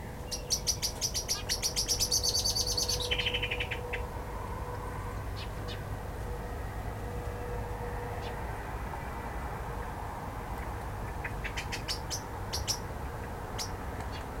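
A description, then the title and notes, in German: Birds squabble in a blackthorn thicket, with a fast burst of sharp, high chirps and rattling notes in the first three seconds, then scattered calls and another quick chattering flurry near twelve seconds. A steady low rumble runs underneath throughout. Streitende Vögel in einem Schlehengebüsch.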